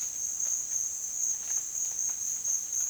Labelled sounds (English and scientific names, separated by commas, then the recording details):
none
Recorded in dense forest near Puerto Asís, Putumayo, Colombia, on 29 June 2025 at 16:00
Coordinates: 0.484, -76.325
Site H65